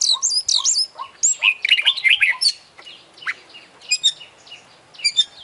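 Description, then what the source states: Oriental magpie-robin pouring out fast high whistled phrases and scratchy warbles, then a few spaced sharp high notes. Champion singing bird, singing vigorously (gacor); master recording for song training.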